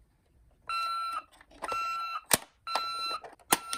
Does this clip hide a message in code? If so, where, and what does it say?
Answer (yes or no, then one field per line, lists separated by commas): no